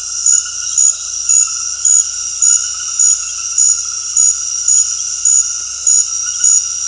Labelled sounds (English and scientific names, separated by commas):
none